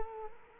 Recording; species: mosquito wingbeat signal from an infrared sensor; Culex quinquefasciatus